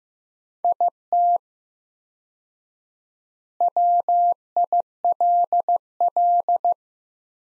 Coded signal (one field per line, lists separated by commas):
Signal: Morse code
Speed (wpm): 15 wpm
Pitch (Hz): 700 Hz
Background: none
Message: IT WILL